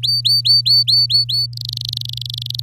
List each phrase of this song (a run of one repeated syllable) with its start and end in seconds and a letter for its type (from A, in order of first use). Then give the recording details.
0.03-1.46 A, 1.53-2.60 B. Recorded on 8 May 2018 at 05:43. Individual llb16